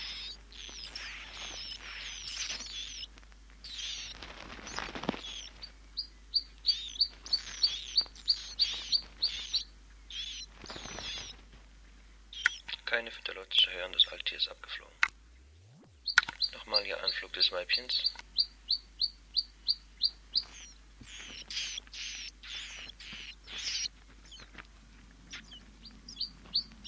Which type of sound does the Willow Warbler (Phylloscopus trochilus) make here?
call